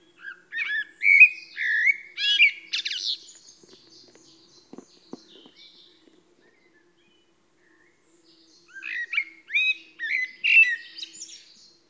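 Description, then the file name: Eurasian blackbird song: a rich warbled phrase of fluted notes breaking into high twitters, a pause of several seconds with a few faint clicks, then another similar phrase. "Turdus merula"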